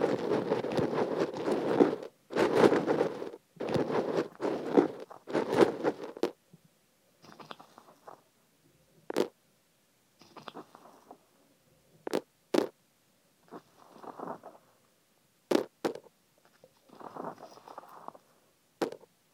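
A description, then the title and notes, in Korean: Sesame seeds being dropped into an ear make dense, rattling rustles in bursts through the first six seconds. After that the sound thins to softer, scattered crackling bursts, broken by sharp clicks around 9, 12, 12.5, 15.5 and 19 seconds. 귀에 참깨 넣는 소리.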